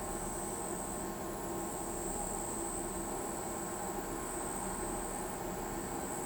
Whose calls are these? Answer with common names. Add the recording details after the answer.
none. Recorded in pastures near Pivijay, Magdalena, Colombia, on 18 April 2023 at 01:00. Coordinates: 10.456, -74.369. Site P6-G026